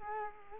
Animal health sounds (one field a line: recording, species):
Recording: mosquito wingbeat signal from an infrared sensor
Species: Culex quinquefasciatus